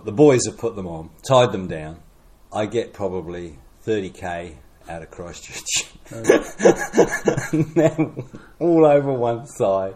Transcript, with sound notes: the boys had put them on, tied them down. I get probably thirty k out of Christchurch… [chuckle] and they were all over one side.